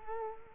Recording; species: mosquito wingbeat signal from an infrared sensor; Culex quinquefasciatus